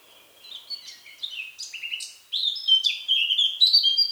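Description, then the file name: Eurasian blackcap song, soft twittering that swells halfway through into loud, clear whistled phrases with downward slurs. "Sylvia atricapilla"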